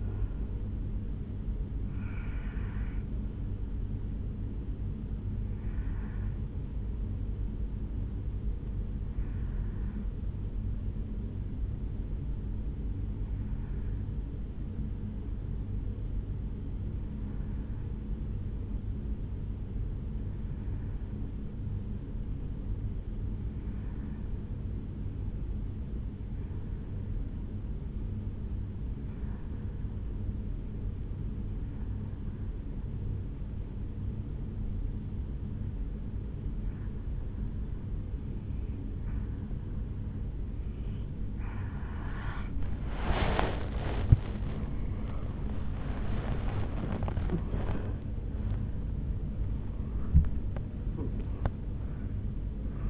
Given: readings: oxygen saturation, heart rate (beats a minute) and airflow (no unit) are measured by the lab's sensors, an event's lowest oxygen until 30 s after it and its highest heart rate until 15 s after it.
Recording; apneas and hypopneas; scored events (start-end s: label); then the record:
breathing in sleep by a smartphone at the bedside; 1
6.00-45.50 s: hypopnea (N2, oxygen 96% highest, then 87% lowest, heart rate 55 at the start, 77 highest)
33.00-52.90 s: new sleep stage, N1 (lightest sleep)
From the record:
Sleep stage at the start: N2 (light sleep); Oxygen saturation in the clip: 85 to 96%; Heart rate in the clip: 53 to 76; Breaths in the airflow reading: 6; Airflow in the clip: -8.5 to 8.8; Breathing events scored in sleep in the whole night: 449 in 7.0 hours asleep